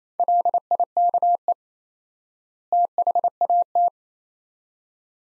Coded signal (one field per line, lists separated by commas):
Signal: Morse code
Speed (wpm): 27 wpm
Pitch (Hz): 700 Hz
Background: none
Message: LIKE THAT